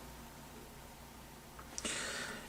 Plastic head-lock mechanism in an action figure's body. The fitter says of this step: To unlock it, you basically just you can hear that click,